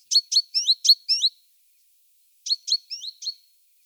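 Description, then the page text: Great tit song: a run of five quick, high, upswept chirping notes, a pause of about a second, then four more similar notes. "Большая синица - Синица"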